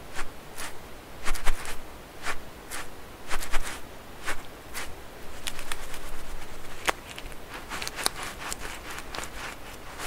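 Squishy stress balls being squeezed, making short, crisp crackling squishes that come in quick irregular bursts, roughly two or three per second. A few pops stand out sharper than the rest, over a faint, steady low hiss underneath.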